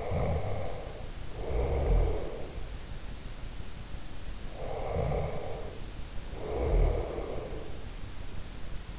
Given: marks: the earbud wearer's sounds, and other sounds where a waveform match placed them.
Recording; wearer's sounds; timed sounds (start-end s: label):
sounds in sleep by an in-ear microphone; snoring breath
0.00-2.45 s: snoring breath
4.48-7.86 s: snoring breath